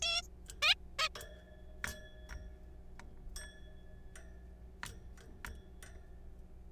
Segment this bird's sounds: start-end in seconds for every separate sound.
0.02-0.22, 0.62-0.75, 0.99-1.09